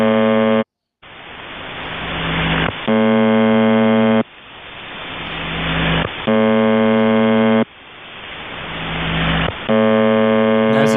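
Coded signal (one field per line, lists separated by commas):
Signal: channel marker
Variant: UVB-76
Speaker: So uh we'll go back to listening to it for just a little bit, and then I'll tell you more.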